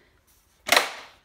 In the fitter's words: like so and clicks into place